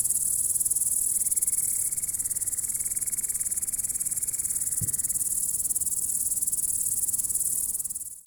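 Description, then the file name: Grasshopper chirring, a continuous high hiss with rapid regular pulses, a faint steady tone in the middle and a brief low knock after the middle. "zvuki kuznechika"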